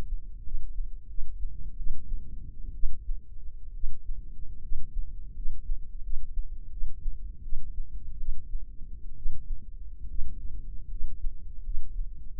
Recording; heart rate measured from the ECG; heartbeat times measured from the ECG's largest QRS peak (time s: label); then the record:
heart sounds by microphone in the left ear; 75 bpm
0.42 s: heartbeat
1.06 s: heartbeat
1.75 s: heartbeat
2.73 s: heartbeat
3.72 s: heartbeat
4.60 s: heartbeat
5.33 s: heartbeat
6.01 s: heartbeat
6.69 s: heartbeat
7.41 s: heartbeat
8.17 s: heartbeat
9.15 s: heartbeat
10.07 s: heartbeat
10.88 s: heartbeat
11.62 s: heartbeat
From the record:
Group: healthy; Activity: rest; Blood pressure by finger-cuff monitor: 96/59 mmHg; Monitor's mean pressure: 74 mmHg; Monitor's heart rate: 81 bpm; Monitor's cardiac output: 7.1 L/min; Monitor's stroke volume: 94 mL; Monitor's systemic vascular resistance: 770 dyn s/cm5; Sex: female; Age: 22 years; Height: 157 cm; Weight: 47.6 kg